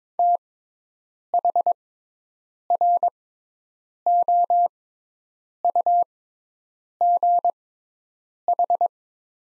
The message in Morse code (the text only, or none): THROUGH